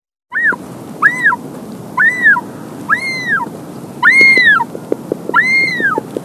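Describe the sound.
Wandering albatross giving six arched, whining calls, with low clicks and a continuous rushing noise.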